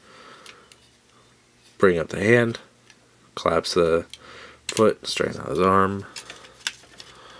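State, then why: Not seated. During transformation of a Transformers Generations: Fall of Cybertron Grimlock action figure, someone handles and straightens the robot's plastic arm at its ratchet joint while talking, with a few faint ticks of handling. Nothing has seated or clicked yet.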